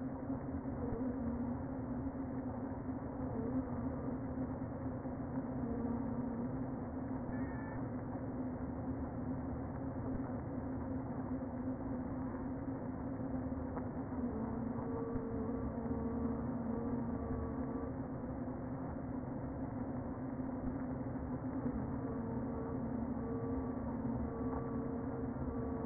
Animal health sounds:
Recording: honeybee colony, microphone inside the hive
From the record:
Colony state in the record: queen present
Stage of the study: before two queens were removed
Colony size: about 60,000 bees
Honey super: yes

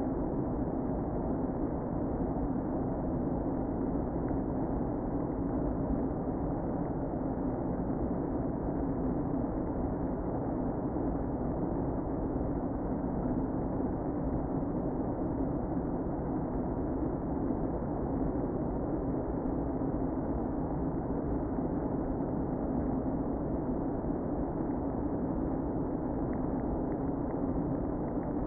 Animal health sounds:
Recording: honeybee colony, microphone inside the hive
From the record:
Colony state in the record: queen present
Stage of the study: before two queens were removed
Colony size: about 60,000 bees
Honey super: yes

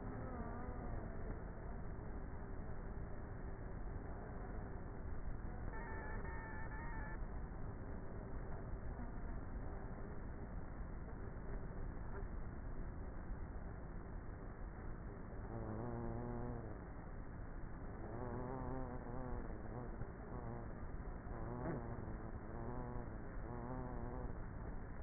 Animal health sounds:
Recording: honeybee colony, microphone inside the hive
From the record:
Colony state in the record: queenless with a low population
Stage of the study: before two queens were removed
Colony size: about 30,000 bees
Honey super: no

